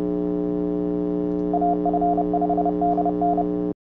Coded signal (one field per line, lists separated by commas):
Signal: Morse code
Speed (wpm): 30 wpm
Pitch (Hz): 700 Hz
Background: none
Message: AF5DN